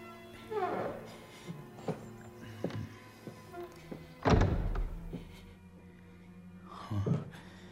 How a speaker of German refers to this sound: Als ihm nach mehrmaligem Klingeln noch immer nicht geöffnet wurde, griff der erste Detektiv zielstrebig nach seinem Dietrich und schon nach wenigen Handgriffen öffnete sich quietschend die schwere Eingangstür.